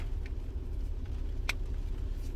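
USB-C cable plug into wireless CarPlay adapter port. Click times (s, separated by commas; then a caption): 1.5 s. A USB-C cable plug is pushed into the port of an Ottocast wireless CarPlay adapter for a Mopar vehicle. A steady low rumble and a few faint ticks lead up to one sharp, bright click at 1.5 s. The plug seats and the connection is good.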